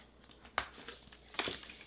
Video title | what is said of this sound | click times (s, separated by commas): "You MADE THAT?!" Let's Make The Sue Sue Sling From Siah Swag Bags! July 2024 Bag Making Bees Club! | the same thing with the other one. Snap it in place. | 0.6 s